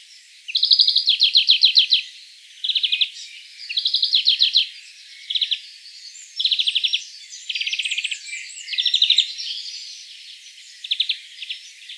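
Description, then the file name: European greenfinch song: repeated rapid trills and buzzy rattles, separated by short pauses. "Gronfink"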